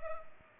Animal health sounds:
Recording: mosquito wingbeat signal from an infrared sensor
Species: Culex pipiens

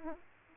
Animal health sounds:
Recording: mosquito wingbeat signal from an infrared sensor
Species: Aedes aegypti

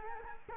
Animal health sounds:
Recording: mosquito wingbeat signal from an infrared sensor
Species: Culex quinquefasciatus

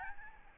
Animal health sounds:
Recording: mosquito wingbeat signal from an infrared sensor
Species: Aedes albopictus

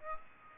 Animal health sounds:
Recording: mosquito wingbeat signal from an infrared sensor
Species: Aedes aegypti

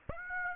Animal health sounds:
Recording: mosquito wingbeat signal from an infrared sensor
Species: Aedes aegypti

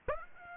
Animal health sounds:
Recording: mosquito wingbeat signal from an infrared sensor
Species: Aedes aegypti

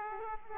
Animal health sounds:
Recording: mosquito wingbeat signal from an infrared sensor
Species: Aedes aegypti

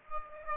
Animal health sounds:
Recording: mosquito wingbeat signal from an infrared sensor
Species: Aedes aegypti

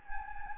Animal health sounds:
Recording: mosquito wingbeat signal from an infrared sensor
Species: Anopheles gambiae

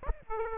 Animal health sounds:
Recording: mosquito wingbeat signal from an infrared sensor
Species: Aedes aegypti

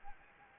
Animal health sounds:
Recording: mosquito wingbeat signal from an infrared sensor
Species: Anopheles arabiensis

